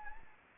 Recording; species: mosquito wingbeat signal from an infrared sensor; Anopheles gambiae